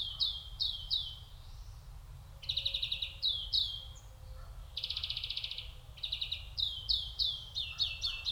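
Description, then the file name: European greenfinch uttering rapid trilled twitters and buzzy rattling phrases in quick succession, with a low rumble underneath. "Chloris chloris"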